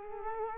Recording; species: mosquito wingbeat signal from an infrared sensor; Culex quinquefasciatus